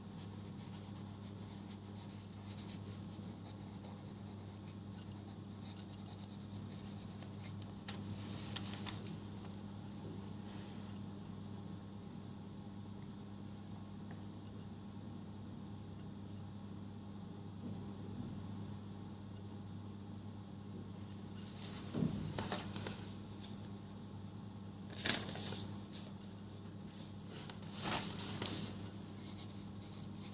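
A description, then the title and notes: Someone works through notes and rewrites them, with soft rubbing and scratching of writing under a steady low hum that runs throughout. Brief louder rustles of paper or movement stand out near 8 seconds and again around 22, 25 and 28 seconds. Going through my notes and re-writing stuff.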